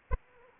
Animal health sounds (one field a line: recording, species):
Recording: mosquito wingbeat signal from an infrared sensor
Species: Anopheles arabiensis